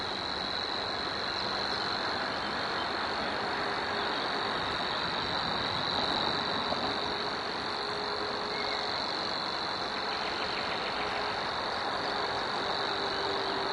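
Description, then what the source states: Savi's warbler giving a continuous, monotonous buzzing reel that never pauses, with a thick rumbling chorus and low hum beneath. Recorded at Zakole Wawerskie on 3 May 2012 at 7:31.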